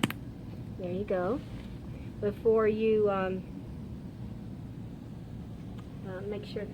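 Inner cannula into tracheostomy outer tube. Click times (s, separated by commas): 0.0 s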